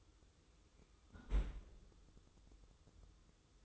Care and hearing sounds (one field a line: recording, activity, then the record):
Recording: daily activity, microphone in the room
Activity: close fridge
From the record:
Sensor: 3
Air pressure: 995.2 hPa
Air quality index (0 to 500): 78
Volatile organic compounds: 6 ppm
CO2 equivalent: 1864 ppm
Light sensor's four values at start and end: 20/58/25/21 and 20/58/25/21